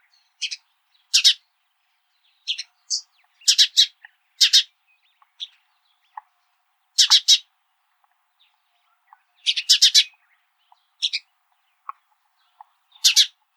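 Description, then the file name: House sparrow chirping: loud, harsh chirps, often in pairs or short clusters, separated by irregular pauses of a second or more, with faint softer notes between. "Passer domesticus"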